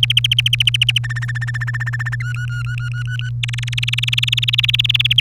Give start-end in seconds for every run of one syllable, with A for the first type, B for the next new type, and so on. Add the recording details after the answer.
0.03-0.98 A, 1.04-2.15 B, 2.20-3.29 C, 3.43-5.20 D. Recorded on 30 April 2018 at 14:41. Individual llb3